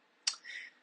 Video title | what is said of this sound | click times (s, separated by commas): AEQ73110205 Repair! Ice Maker filling with too much water! | you're going to be able to just push that tab in right there and you'll hear it click and depress | 0.3 s